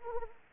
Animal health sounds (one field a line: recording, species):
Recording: mosquito wingbeat signal from an infrared sensor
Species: Anopheles arabiensis